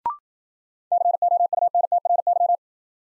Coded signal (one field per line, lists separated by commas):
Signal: Morse code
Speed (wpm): 53 wpm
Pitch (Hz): 700 Hz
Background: none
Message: COUNTRY